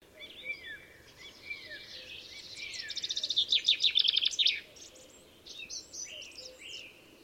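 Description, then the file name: Common chaffinch singing a run of sharp notes that builds into a rattling trill and ends in a short flourish, with other chirps and faint low notes around it. "Fringilla coelebs"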